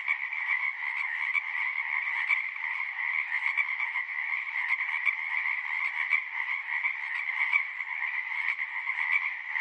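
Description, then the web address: Many marsh frogs calling together, an unbroken rattling chorus of overlapping croaks that stays level from start to finish. Several marsh frogs. "Partners In Rhyme Marsh Frogs"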